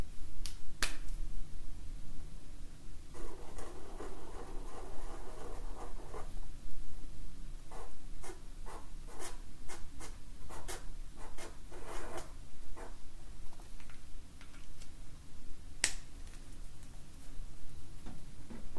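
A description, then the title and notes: Markers being drawn on paper: short dry strokes and sharp taps come in irregular bursts, thickest between about 7 and 13 seconds, with a brief scratchy stretch around 3 to 6 seconds. A steady low hum runs underneath throughout. Relaxing Drawing With Markers - Drawing, No-Talking, Paper & Pen Sounds. For this episode I took out my set of Zebra Mildliners to doodle with.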